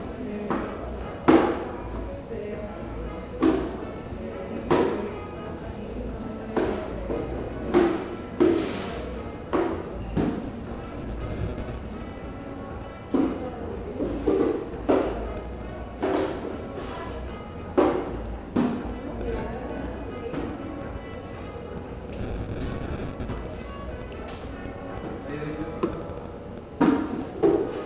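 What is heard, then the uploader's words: Inside a self-serve yogurt shop, scattered taps and clacks ring out every second or two over a low murmur of voices and room hum. Yogurtland in the Village 10:00 PM. Yogurtland is a self-serve yogurt store in the Claremont Village. It is an asymmetrically shaped room. For this recording, the microphone was rested on one of the tables that I was sitting at in the middle of the room. The recording was made at the end of the night.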